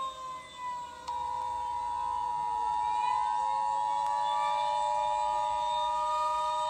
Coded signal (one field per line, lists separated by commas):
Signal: Emergency Alert System (SAME) tones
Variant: 853 and 960 Hz attention tone